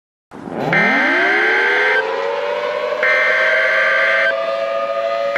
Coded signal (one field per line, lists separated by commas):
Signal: Emergency Alert System (SAME) tones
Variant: header bursts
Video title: An EF6 Tornado (An EAS Scenario)